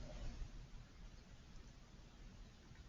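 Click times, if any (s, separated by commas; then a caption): none. The twisted end of a length of dialysis tubing is placed and lined up in an open plastic clamp before the clamp is pushed shut. Only soft, low handling noise and faint rustling are heard, a little louder in the first half second and then steady. Nothing has clicked or closed yet.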